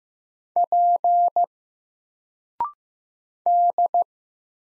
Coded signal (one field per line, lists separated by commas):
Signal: Morse code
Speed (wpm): 15 wpm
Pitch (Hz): 700 Hz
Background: none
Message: P D